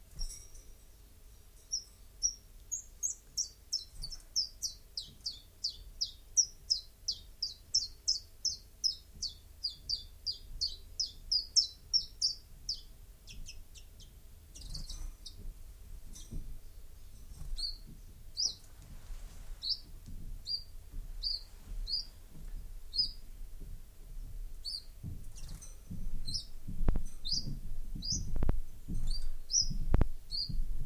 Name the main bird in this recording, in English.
Common Chiffchaff